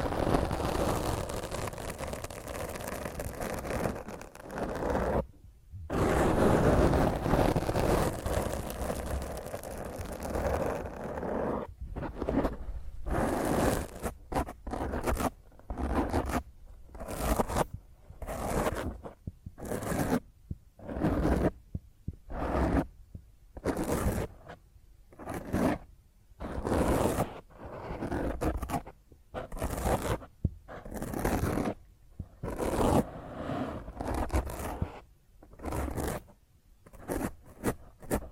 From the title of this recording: Intense Rough Mic Scratch using HandNails